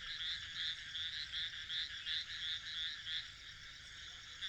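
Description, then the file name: Frogs calling together in a continuous high chorus of rhythmic pulsing notes over constant background noise. "grenouilles"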